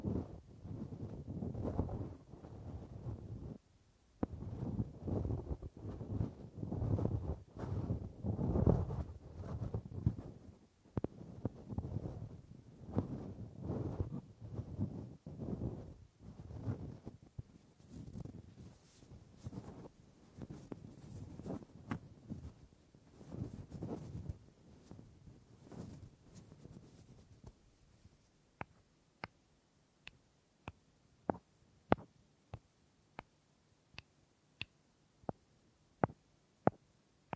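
Wood triggers: for the first half-minute, dense low rubbing and scraping runs on in rough bursts, with a brief pause near four seconds and another near eleven. After about 28 seconds the rubbing stops, leaving crisp, isolated wooden taps roughly once a second.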